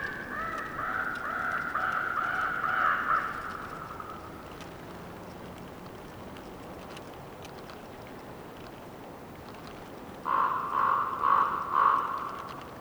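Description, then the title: Bird croaking, a long harsh croak at the start, then a burst of rapid rough croaks near the end, over steady wind noise. Croaking during a windy storm with trees rustling. "Windy storm with trees rustling and bird croaking"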